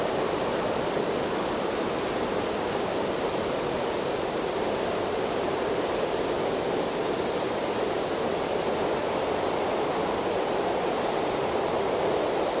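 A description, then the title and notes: Wind on an open winter beach makes a steady, dense rush that fills the whole clip without a break. The sound is full and hissing, strongest in the middle range, with a soft low rumble underneath and no distinct events standing out. Winter Beach Wind. A low tide long Walk on a desolate sunnny Winter beach somewhere along the Atlantic.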